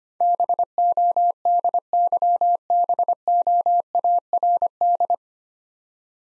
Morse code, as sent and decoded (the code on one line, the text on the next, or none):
-... --- -.. -.-- -... --- .- .-. -..
BODYBOARD